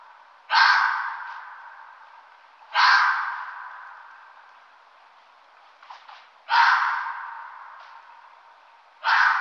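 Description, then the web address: Red fox giving four harsh, rasping barks spaced a few seconds apart, each trailing off, with a faint scratchy sound between two of them. "versianimali volpe"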